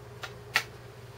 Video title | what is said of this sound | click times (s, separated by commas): Firearm Suppressor Overview | it's going to lock in with the lugs | 0.2 s, 0.6 s